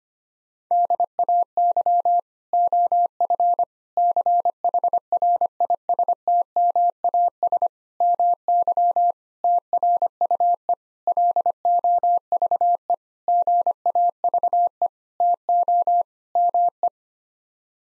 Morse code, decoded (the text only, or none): DAY OF CHRISTMAS MY TRUE LOVE GAVE TO ME